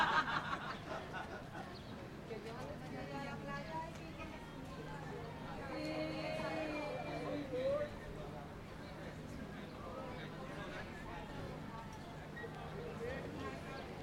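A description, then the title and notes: Walking around Willemstad, Curaçao: a steady murmur of voices and street chatter fills the scene, over a constant low hum. Around six to eight seconds a brighter, wavering tone rises above the crowd, possibly a voice or music, then the babble continues evenly. Walking Around Willemstad Curacao.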